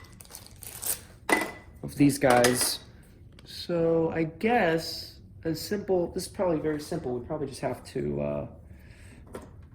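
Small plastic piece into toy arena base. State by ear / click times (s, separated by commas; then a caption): seated / 9.3 s. A small plastic piece of a 2001 Battlebox toy arena model is pressed into its mount on the arena base while someone talks. It clicks into place at 9.4 s, seated. Light taps and clatters are heard early in the clip.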